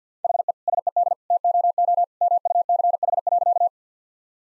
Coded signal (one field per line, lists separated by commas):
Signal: Morse code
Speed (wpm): 50 wpm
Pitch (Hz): 700 Hz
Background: none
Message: HE SED TOO MUCH.